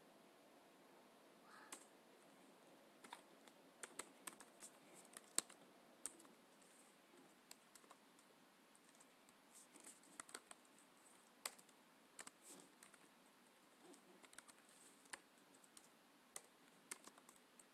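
Clicks from a computer keyboard come in uneven bursts of typing, some strokes sharp and louder than others, with brief pauses between runs. A soft, steady hiss sits underneath throughout, and the taps keep coming irregularly for the whole stretch.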